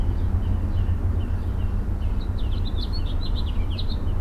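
Mockingbird song of soft notes, then a fast jumble of sharp, varied chirps and whistles, over heavy low-pitched background noise.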